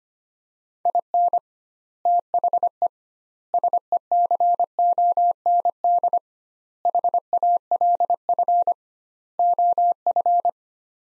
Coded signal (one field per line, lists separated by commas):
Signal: Morse code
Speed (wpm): 25 wpm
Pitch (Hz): 700 Hz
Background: none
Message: IN THE SECOND HALF OF